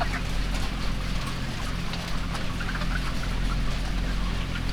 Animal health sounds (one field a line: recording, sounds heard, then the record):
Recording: poultry house recording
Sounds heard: healthy chickens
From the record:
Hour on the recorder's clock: 17